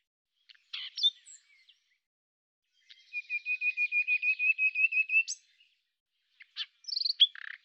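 Common nightingale song: a few sharp notes, then a long steady series of many repeated whistled pulses, ending with a rising note and a brief buzzy flourish.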